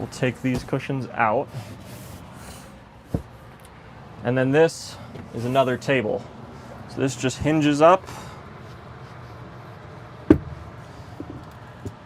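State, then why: Seated. Someone talks while a second hinged dinette table in a 2026 Winnebago EKKO 23B off-road Class C RV, built on the Sprinter chassis, is hinged up toward its wall mount. At 10.3 s a sharp, loud snap is heard as the table locks into position, firmly seated.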